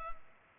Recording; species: mosquito wingbeat signal from an infrared sensor; Culex pipiens